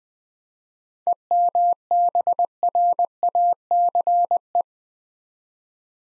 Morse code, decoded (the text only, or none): EMBRACE